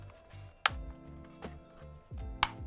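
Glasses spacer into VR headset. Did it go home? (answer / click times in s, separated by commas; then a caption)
yes / 0.7 s, 2.4 s. A plastic glasses spacer is pushed into the lens housing of a Meta Quest 3S VR headset, with music playing underneath. Two sharp clicks ring out at 0.7 s and 2.4 s, one per side, as the spacer clicks firmly into place and is seated.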